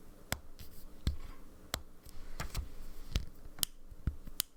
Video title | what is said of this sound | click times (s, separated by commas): THIS IS ALL XOMBITICUS' FAULT: Lamy Scala vs Lamy Studio | it's a pretty snug uh snap oh | 0.3 s, 1.7 s, 3.6 s, 4.4 s